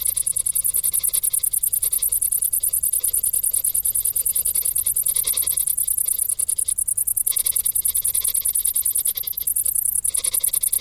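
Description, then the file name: Crickets sustaining a shrill, finely pulsed chorus, steady throughout. "Grillen"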